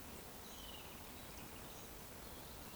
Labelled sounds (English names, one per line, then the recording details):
Eurasian Woodcock whistle
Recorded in Baden-Württemberg, Germany, on 15 June 2020 at 20:03 UTC
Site 14569, 102 m above sea level